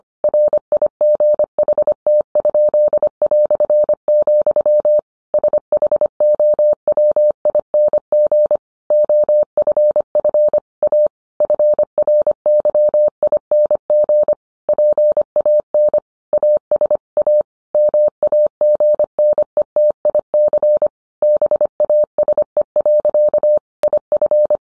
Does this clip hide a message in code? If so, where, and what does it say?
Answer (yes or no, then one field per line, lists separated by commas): yes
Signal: Morse code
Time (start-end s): 0.2-24.6 s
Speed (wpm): 25 wpm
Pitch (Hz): 600 Hz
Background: none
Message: RIGHT?", SHOWING OFF A FRYING PAN AS A MAGNETIC BASE. IF